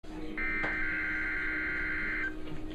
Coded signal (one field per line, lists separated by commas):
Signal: Emergency Alert System (SAME) tones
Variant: header bursts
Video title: (EAS#56) Required Weekly Test